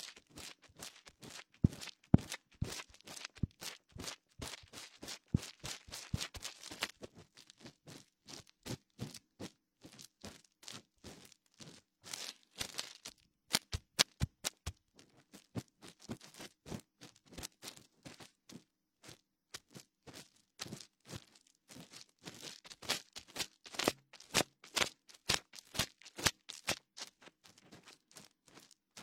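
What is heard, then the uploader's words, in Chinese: A wooden ear pick, cotton swab and fingertips rub and scrape, making a dense run of sharp, crisp clicks and scratches that reach into the bright top end. The strokes come in busy bursts, thinning out briefly around ten and twenty seconds. 鹿姐姐清理你的耳朵(双耳同时)。木质耳勺、棉签、指尖摩擦。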